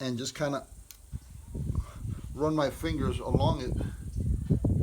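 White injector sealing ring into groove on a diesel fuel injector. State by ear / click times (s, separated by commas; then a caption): seated / 4.6 s. Someone talks while slipping a white sealing ring onto one side of a diesel fuel injector body from a DT466 engine and running their fingers along it to work it around. The seal snaps into its groove with a short, sharp pop at 4.7 s and is seated.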